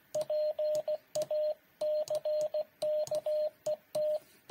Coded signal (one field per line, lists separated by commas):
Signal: Morse code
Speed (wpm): 16 wpm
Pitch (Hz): 610 Hz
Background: radio noise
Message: PACKET